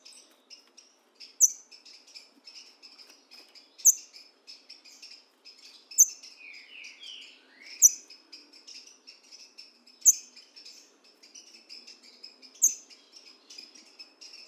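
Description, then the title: Green-winged saltator gives one quick slurred whistled phrase midway, while piercing high notes repeat every couple of seconds above continuous chirping. In the bush, dueling in song with a free-living bird. "Trinca Ferro NICÃ O"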